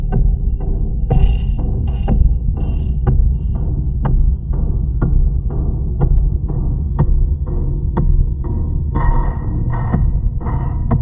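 Shaped noise pulses in a steady, percussive rhythm roughly twice a second over a deep rumbling hum, with brighter clicky hits near the end.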